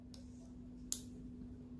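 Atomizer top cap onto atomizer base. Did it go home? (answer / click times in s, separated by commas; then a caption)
yes / 0.9 s. The metal top cap of a SLY RDA atomizer by Pinoy Underground Customs is slid onto the atomizer deck. After a faint tick at 0.1 s and a steady low hum, it snaps into position with a single sharp click at 0.9 s, seating the cap firmly on the base.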